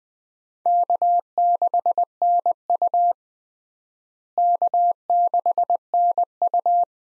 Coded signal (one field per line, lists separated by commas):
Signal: Morse code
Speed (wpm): 20 wpm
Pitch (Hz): 700 Hz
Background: none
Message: K6NU K6NU